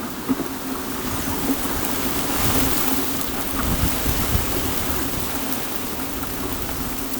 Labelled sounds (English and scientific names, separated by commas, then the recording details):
none
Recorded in pastures near Pivijay, Magdalena, Colombia, on 4 June 2023 at 10:00
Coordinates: 10.456, -74.369
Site P6-G026